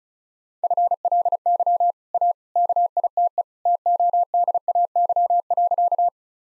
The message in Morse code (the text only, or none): FLY A KITE TODAY.